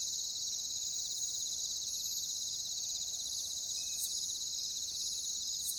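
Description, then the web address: Crickets keep up a continuous shrill chirping chorus, steady and high-pitched, with faint brief clicks now and then. "ENTER Music and Audio J - Nature Songs Nature Sounds Sounds of Nature Collection Crickets"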